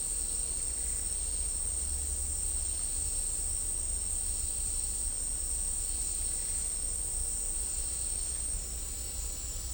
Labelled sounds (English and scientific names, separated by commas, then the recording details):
none
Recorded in dense forest near Puerto Asís, Putumayo, Colombia, on 16 December 2024 at 13:30
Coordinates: 0.499, -76.324
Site G045